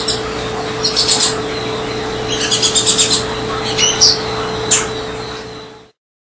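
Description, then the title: Double-collared seedeater song: scattered bursts of high, sharp chirps around a short run of quick repeated notes, over a steady low electrical hum. "Canto Coleiro"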